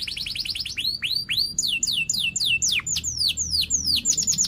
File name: Suara Kenari Gacor Cuit Cuit Ngerol Tajam